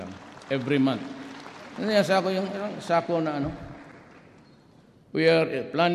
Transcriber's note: applause